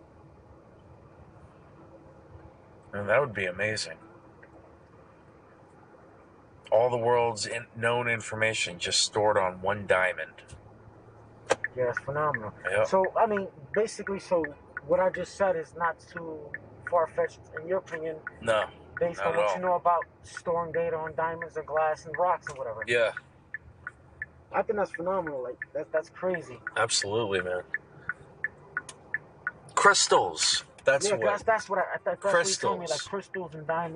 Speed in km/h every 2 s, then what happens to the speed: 3, 2, 0, 0, 0, 3, 8, 11, 15, 15, 11, 10, 0, 0, 0, 0, 0.
2-9 standing. 9-18 pulls away to 15. 18-24 slows to 0. 24-34 standing.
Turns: none.